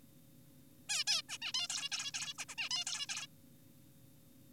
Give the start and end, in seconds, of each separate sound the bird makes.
0.89-1.04, 1.07-1.22, 1.29-1.38, 1.42-1.52, 1.54-1.68, 1.70-1.89, 1.92-2.12, 2.14-2.34, 2.38-2.45, 2.49-2.55, 2.58-2.69, 2.71-2.84, 2.87-3.06, 3.09-3.27